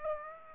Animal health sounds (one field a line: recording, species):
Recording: mosquito wingbeat signal from an infrared sensor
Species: Aedes aegypti